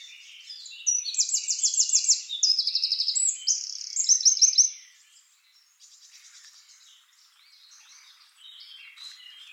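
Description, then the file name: Eurasian wren singing a fast, shrill burst of trills for about four seconds, followed by faint chirps. "Troglodytes troglodytes"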